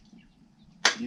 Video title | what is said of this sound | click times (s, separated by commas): The Tinyest eBike for Your Van, Bus, or RV! DYU C2 eBike Unbox & Review | lock that down like that | 0.9 s